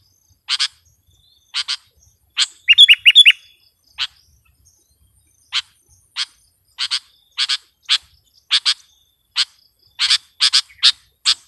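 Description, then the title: Sooty-headed bulbul giving scattered sharp chip notes, singly and in pairs, with one brief bubbling burst early on. "kutilang"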